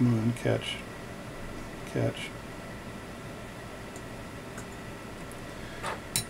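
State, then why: Not seated. A tiny steel screw is being started into its threaded hole at a watchmaker's lathe with a screwdriver, while making a jewel setting for a 21-jewel Illinois pocket watch. Someone talks over faint handling sounds, and a single sharp hit comes near 6.2 s. The screw misses: its thread does not catch, and nothing has seated yet.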